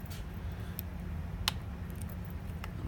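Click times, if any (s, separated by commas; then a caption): 1.5 s. During a tube change, the plastic pump head of a Stenner peristaltic chemical feed pump is lined up and turned to lock it onto the pump housing. A sharp click at 1.5 s marks the head locking into place, with fainter ticks around 0.8, 2.0 and 2.6 s over a steady low hum. The pump head is seated.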